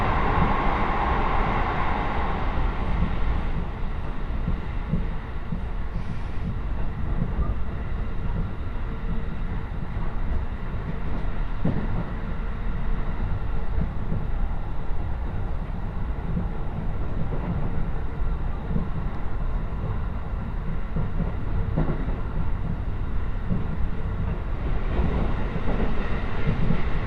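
A train ride on the Kosei Line, between Ono, Ogoto Onsen and Horai, with a dense, steady rumble that holds an even level for the whole stretch. A brighter whine fades over the first few seconds, and occasional rail clicks and thumps punctuate the run.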